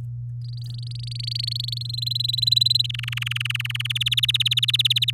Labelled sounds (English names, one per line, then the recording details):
Domestic Canary song
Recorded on 9 May 2018 at 06:11
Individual llb16